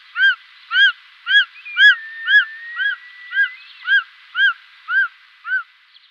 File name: Circaetus gallicus